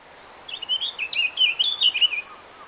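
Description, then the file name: Eurasian blackcap song, a quick jumbled warble of varied notes running for under two seconds. "Sylvia atricapilla"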